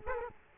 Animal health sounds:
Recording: mosquito wingbeat signal from an infrared sensor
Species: Culex quinquefasciatus

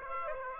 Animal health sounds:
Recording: mosquito wingbeat signal from an infrared sensor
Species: Aedes aegypti

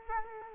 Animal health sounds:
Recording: mosquito wingbeat signal from an infrared sensor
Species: Culex quinquefasciatus

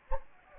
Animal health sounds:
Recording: mosquito wingbeat signal from an infrared sensor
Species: Anopheles gambiae

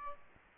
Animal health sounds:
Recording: mosquito wingbeat signal from an infrared sensor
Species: Aedes albopictus

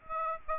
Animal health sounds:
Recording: mosquito wingbeat signal from an infrared sensor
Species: Aedes aegypti

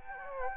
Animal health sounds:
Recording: mosquito wingbeat signal from an infrared sensor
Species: Anopheles gambiae

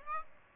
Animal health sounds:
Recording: mosquito wingbeat signal from an infrared sensor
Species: Aedes aegypti

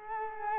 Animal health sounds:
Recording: mosquito wingbeat signal from an infrared sensor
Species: Culex quinquefasciatus

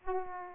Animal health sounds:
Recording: mosquito wingbeat signal from an infrared sensor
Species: Aedes aegypti

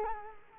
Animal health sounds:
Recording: mosquito wingbeat signal from an infrared sensor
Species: Culex quinquefasciatus

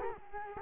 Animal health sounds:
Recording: mosquito wingbeat signal from an infrared sensor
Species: Culex quinquefasciatus

